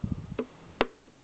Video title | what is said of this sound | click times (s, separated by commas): E90 ADJ KNOB FIX | that click right there you know your adjustment though is already inside in place | 0.8 s